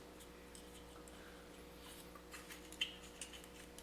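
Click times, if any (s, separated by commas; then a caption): none. A push-down ignition coil pack is set over the spark plug well in a 1.8T engine head and handled into position, with faint scuffs and light ticks over a steady low hum. A sharp, short tap comes near 2.8 s, followed by smaller knocks. Nothing has seated or clicked yet; the coil pack is not yet home.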